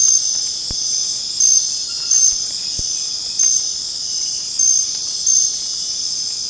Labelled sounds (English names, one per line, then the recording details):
none
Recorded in secondary vegetation near Puerto Asís, Putumayo, Colombia, on 27 June 2025 at 19:30
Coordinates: 0.484, -76.319
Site G074